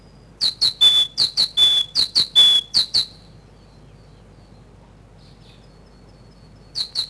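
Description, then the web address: Great tit song: a fast run of clear, two-note whistled phrases, high then lower, several times, then a pause and a brief restart near the end. Recorded in spring. "vremena vesna sinica bolshaja"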